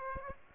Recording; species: mosquito wingbeat signal from an infrared sensor; Aedes aegypti